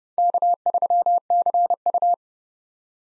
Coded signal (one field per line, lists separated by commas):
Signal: Morse code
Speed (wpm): 30 wpm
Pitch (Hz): 700 Hz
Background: none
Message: K3CU